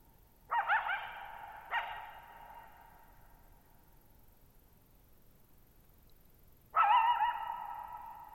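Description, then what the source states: Coyote giving a quavering yip and a short bark close together, then a long pause before a stronger sustained bark rings out with a lasting echo. Lone coyote at night, July 14, 2019, Thirtymile Meadows, Okanogan National Forest, Okanogan High Country, Pacific Northwest, 6400 ft (1950 m); high dry plateau, shallow-bowl meadow.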